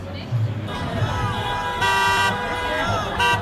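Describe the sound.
Car horns honk in bursts from passing traffic in support of a demonstration against Donald Trump and Elon Musk in Kansas City, Missouri: sustained bright tones with steady harmonics, over a continuous murmur of crowd voices and road noise.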